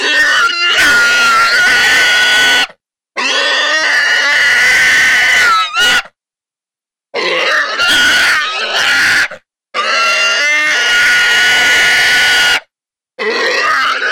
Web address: pigs Wild Hog Distress